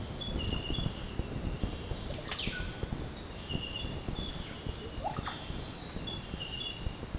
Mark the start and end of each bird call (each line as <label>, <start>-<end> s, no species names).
bird call, 2.20-2.70 s
bird call, 5.00-5.47 s